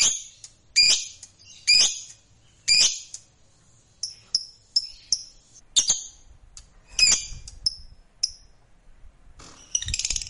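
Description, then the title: Lovebird calls mixing harsh squawks with short high chirps. Fighter lovebird. "Begitu Dengar Suara Lovebird FIGHTER NGEKEK PANJANG"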